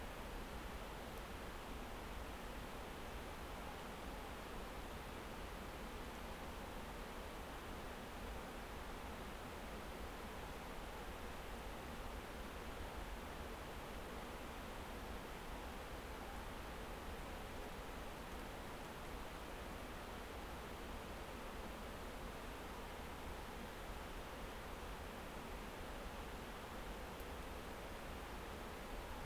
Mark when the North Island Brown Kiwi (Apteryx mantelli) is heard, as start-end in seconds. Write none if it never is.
none